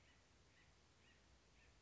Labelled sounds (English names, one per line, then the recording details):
Acorn Woodpecker
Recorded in Sonoma County, California